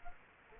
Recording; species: mosquito wingbeat signal from an infrared sensor; Culex quinquefasciatus